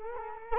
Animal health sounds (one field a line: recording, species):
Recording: mosquito wingbeat signal from an infrared sensor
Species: Culex quinquefasciatus